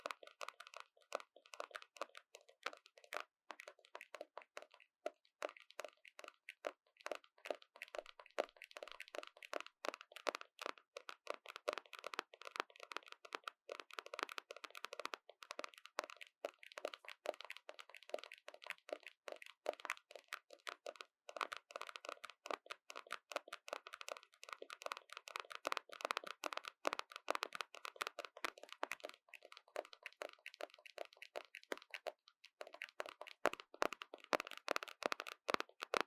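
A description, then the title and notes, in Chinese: Random tapping on whatever objects are at hand, a dense, irregular stream of quick sharp knocks and crinkly clicks that continues for the whole recording. The taps are bright with little low end, and near the end they turn sparser and harder. 隨機敲敲 | Tapping | NO Talking。手邊的東西，拿到啥就敲啥！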